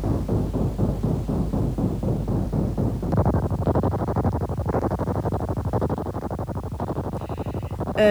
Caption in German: Die jetzt folgenden Geräusche sind mit einem Synthesizer, wie ein Phantombild der Polizei, nach den Auskünften der Betroffenen nachgestellt worden. Hören Sie nun Ohrgeräusche.